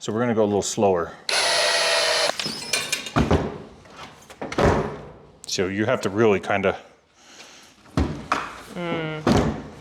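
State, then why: Partly seated. Someone talks while an old door with a newly fitted latch is pushed shut, with a burst of broadband noise and several knocks and thuds along the way. The latch bolt clicks into the door frame strike at 8.3 s, but it barely catches, so the door still has to be leaned on to latch.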